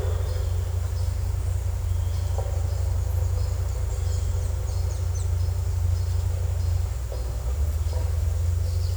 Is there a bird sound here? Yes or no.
no